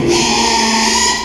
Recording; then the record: squeal of a Yucatan mini pig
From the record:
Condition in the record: after surgery on the right vocal fold (resection and tissue-engineered implant); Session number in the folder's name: 2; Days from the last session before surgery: 13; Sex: male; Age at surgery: 12 weeks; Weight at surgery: 13 kg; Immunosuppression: cyclosporine, prednisolone